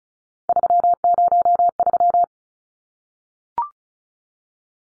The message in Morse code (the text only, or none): 303